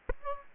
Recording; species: mosquito wingbeat signal from an infrared sensor; Aedes aegypti